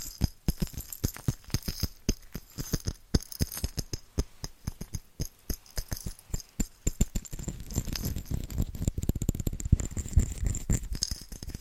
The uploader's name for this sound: Fast & Rhythmic Tapping with Christmas Presents